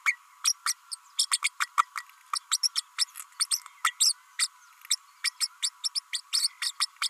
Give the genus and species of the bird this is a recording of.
Forpus passerinus